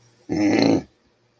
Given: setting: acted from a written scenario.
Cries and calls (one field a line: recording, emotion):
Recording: vocal sound without words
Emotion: anger